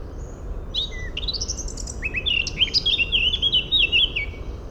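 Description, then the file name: Eurasian blackcap song that starts softly with a few thin notes, then swells into a loud, lively sequence of fluty whistles rising and falling rapidly. "Sylvia atricapilla"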